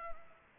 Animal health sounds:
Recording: mosquito wingbeat signal from an infrared sensor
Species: Culex pipiens

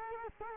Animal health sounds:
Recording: mosquito wingbeat signal from an infrared sensor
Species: Culex quinquefasciatus

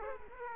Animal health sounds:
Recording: mosquito wingbeat signal from an infrared sensor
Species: Aedes aegypti

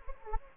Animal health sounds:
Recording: mosquito wingbeat signal from an infrared sensor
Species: Anopheles gambiae

